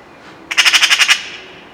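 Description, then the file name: Eurasian magpie chatter: one harsh, rattling burst of about eight rapid, evenly spaced squawky pulses, lasting under a second, then quiet. "Pica pica"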